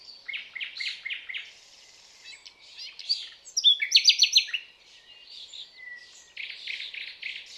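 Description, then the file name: Common nightingale song, short repeated chirps, then a loud burst of rapidly repeated notes midway, followed by quieter warbled phrases. "Luscinia megarhynchos"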